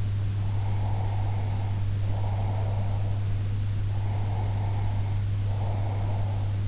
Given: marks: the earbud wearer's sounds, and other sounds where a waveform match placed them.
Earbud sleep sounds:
sounds in sleep by an in-ear microphone; breath
0.45-3.28 s: breath
3.91-6.37 s: breath

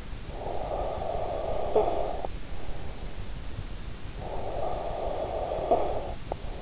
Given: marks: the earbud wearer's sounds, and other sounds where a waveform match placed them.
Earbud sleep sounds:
sounds in sleep by an in-ear microphone; snoring breath
0.02-2.53 s: snoring breath
3.89-6.62 s: snoring breath

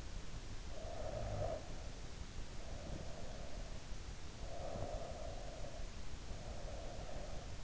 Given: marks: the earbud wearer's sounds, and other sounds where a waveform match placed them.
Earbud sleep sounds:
sounds in sleep by an in-ear microphone; snoring breath, breath
0.63-3.20 s: snoring breath
4.48-7.64 s: breath

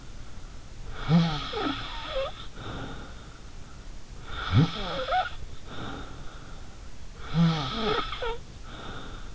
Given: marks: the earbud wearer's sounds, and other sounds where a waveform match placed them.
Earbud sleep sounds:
sounds in sleep by an in-ear microphone; snoring breath
0.98-3.37 s: snoring breath
4.23-6.67 s: snoring breath
7.19-9.35 s: snoring breath

